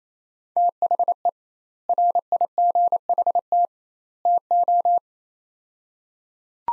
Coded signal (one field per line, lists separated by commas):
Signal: Morse code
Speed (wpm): 28 wpm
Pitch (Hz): 700 Hz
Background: none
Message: THE RIGHT TO